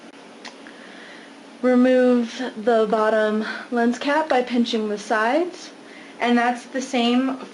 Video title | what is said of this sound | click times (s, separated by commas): Attaching 5D Canon and Lenses to CamLift | so turn the lens to the right until you hear a click which means it's locked onto the camera | 0.7 s